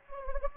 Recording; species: mosquito wingbeat signal from an infrared sensor; Anopheles gambiae